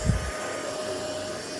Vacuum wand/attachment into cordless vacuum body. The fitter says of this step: Oh, I didn't click that in.